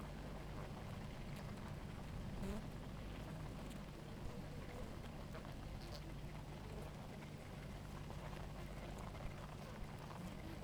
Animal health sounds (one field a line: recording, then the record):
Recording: honeybee colony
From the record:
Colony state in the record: active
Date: 28 July 2017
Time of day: 17:51